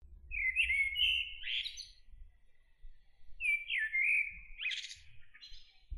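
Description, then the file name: Common blackbird song: two similar fluted warbling phrases, each ending in a buzzy high flourish, over a faint low rumble. "Turdus merula"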